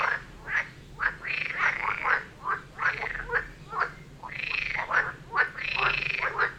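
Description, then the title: Several frogs calling together, drawn-out arching croaks mixed with short quick calls, the calls overlapping. Frog chorus near Vellerner Brook in Neubeckum, recorded at 2pm, binaural recording. "Frog concert near Vellerner Brook in Neubeckum - 2pm"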